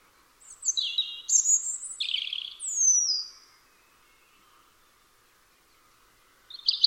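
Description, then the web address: European robin singing one long varied phrase of high thin whistles and rapid slurred notes, then a quiet gap before another phrase begins at the end. "Deverinetal 2025 File origin Bird Only Er Ru"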